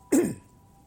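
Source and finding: Adult man. Throat clearing.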